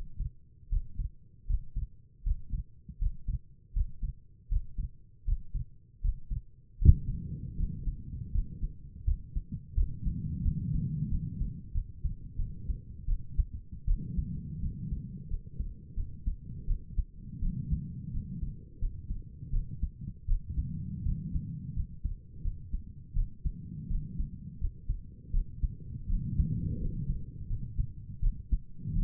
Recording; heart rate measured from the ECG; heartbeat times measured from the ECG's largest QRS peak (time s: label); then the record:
heart sounds by stethoscope; 83 bpm
0.69 s: heartbeat
1.47 s: heartbeat
2.23 s: heartbeat
2.99 s: heartbeat
3.73 s: heartbeat
4.49 s: heartbeat
5.25 s: heartbeat
6.01 s: heartbeat
6.79 s: heartbeat
7.57 s: heartbeat
8.32 s: heartbeat
9.05 s: heartbeat
9.75 s: heartbeat
10.43 s: heartbeat
11.09 s: heartbeat
11.73 s: heartbeat
12.37 s: heartbeat
13.07 s: heartbeat
13.86 s: heartbeat
14.61 s: heartbeat
15.29 s: heartbeat
15.96 s: heartbeat
16.67 s: heartbeat
17.41 s: heartbeat
18.12 s: heartbeat
18.80 s: heartbeat
19.52 s: heartbeat
20.27 s: heartbeat
21.04 s: heartbeat
21.75 s: heartbeat
22.43 s: heartbeat
23.15 s: heartbeat
23.89 s: heartbeat
24.59 s: heartbeat
25.32 s: heartbeat
26.08 s: heartbeat
26.79 s: heartbeat
27.48 s: heartbeat
28.21 s: heartbeat
28.94 s: heartbeat
From the record:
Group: healthy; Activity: breath hold 0-8 s, rest 8-29 s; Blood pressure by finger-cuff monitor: 93/64 mmHg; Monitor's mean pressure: 70 mmHg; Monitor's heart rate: 81 bpm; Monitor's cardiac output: 6.2 L/min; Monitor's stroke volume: 73 mL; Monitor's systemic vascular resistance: 860 dyn s/cm5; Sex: female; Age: 22 years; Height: 163 cm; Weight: 67.1 kg